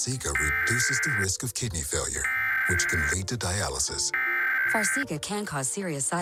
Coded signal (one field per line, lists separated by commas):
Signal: Emergency Alert System (SAME) tones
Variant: header bursts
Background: speech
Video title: Emergency Alert System Nationwide Test (October 4, 2023)